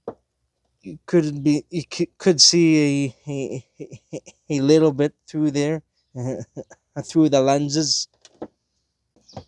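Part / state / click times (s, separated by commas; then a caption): headlight bulb socket into headlight housing / not seated / none. A low beam bulb socket is handled at the back of the plastic driver's side headlight housing of a 2019 Honda Civic 2.0, ready to be inserted and turned clockwise to twist-lock into place. Someone talks throughout, with a few faint short taps near the end. Nothing has seated or clicked yet.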